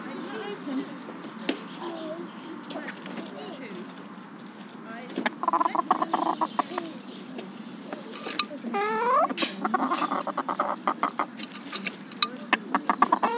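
Chicken calls: several rising, harmonic squawks and clucks in the second half, mixed with sharp clicks and taps over a constant low rumble.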